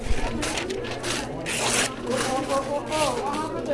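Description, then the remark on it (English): Paper being ripped in several raspy, crackling bursts, one longer and louder tear in the middle, with people talking softly underneath. “That could be, rip the paper first. Rip your paper.”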